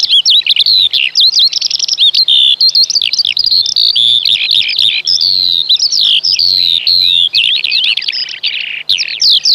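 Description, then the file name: Eurasian skylark singing a continuous, fast stream of warbled, whistled and trilled phrases that rise and fall constantly without a break. "Skowronek"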